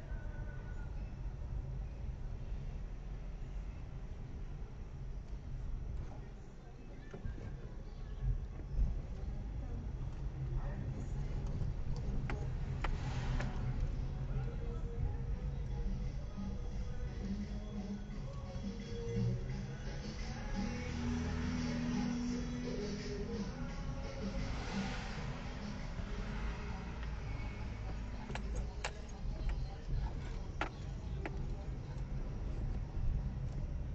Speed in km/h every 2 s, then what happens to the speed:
8, 6, 7, 0, 10, 13, 16, 10, 6, 7, 3, 8, 9, 7, 3, 10, 14.
0-5 slows to 0. 5-7 standing. 7-11 pulls away to 16. 13-16 slows to 6. 16-28 steady at about 7. 28-34 speeds up to 14.